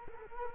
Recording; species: mosquito wingbeat signal from an infrared sensor; Culex quinquefasciatus